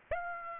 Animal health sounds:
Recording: mosquito wingbeat signal from an infrared sensor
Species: Aedes aegypti

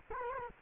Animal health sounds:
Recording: mosquito wingbeat signal from an infrared sensor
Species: Culex quinquefasciatus

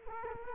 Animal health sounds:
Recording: mosquito wingbeat signal from an infrared sensor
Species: Culex quinquefasciatus

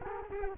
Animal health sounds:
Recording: mosquito wingbeat signal from an infrared sensor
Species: Culex quinquefasciatus

